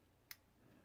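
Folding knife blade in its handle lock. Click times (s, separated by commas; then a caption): 0.3 s. The blade of a Spyderco Tenacious G10 folding knife is opened a second time in its handle lock and gives one short, sharp click at 0.3 s as it stops at the intermediate three-quarter detent position. Faint low background noise fills the rest of the clip, and no full open lock click follows.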